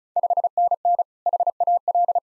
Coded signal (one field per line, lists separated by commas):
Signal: Morse code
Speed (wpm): 34 wpm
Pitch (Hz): 700 Hz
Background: none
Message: 5NN HAL